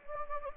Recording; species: mosquito wingbeat signal from an infrared sensor; Anopheles gambiae